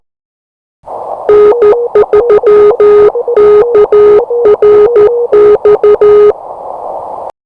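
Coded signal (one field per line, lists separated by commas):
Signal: Morse code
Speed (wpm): 13 wpm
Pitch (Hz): 420 Hz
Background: none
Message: N3KRX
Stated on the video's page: Morse code callsign sent three times as a copy practice drill.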